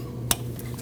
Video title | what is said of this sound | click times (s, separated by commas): How to Replace Camshaft Position Sensor 2003-2008 Subaru Forester 2.5L H4 | make sure you hear the click on that. | 0.3 s